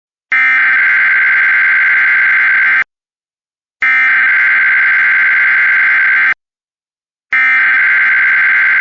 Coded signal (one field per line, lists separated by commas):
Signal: Emergency Alert System (SAME) tones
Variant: header bursts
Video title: EAS #837 Tennessee Statewide Blue Alert